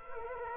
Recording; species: mosquito wingbeat signal from an infrared sensor; Culex quinquefasciatus